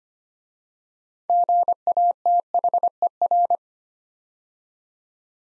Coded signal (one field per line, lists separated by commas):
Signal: Morse code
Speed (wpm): 25 wpm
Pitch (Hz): 700 Hz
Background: none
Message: GATHER